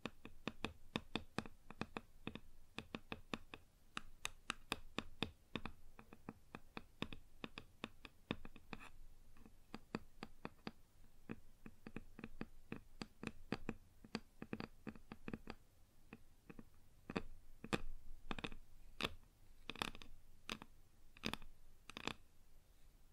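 Fingers tap on a wooden surface in quick, sharp knocks, dense and irregular for the first half, with brief pauses around the middle. Later the taps thin out into slower, spaced strikes that sound slightly brighter, over a faint steady hiss.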